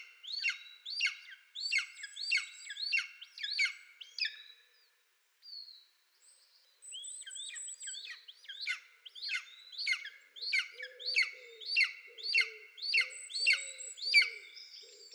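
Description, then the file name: Golden eagle giving series of sharp, harmonic yelping notes about twice a second, a brief pause with thin high whistles, then the yelping series resumes alongside lower notes. "Golden Eagle - Aquila chrysaetos"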